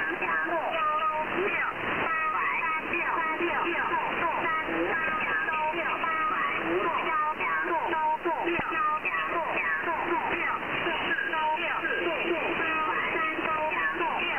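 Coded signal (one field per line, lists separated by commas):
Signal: numbers station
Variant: Chinese Robot (VC01), Chinese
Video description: I have never heard anything else from it except very rapid numbers in Chinese.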